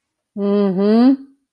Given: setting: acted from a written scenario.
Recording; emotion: vocal sound without words; neutral